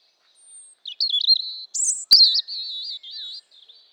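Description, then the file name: European robin singing a high, wavering warble of thin liquid notes and short trills, broken once by a sharp click. "Erithacus rubecula"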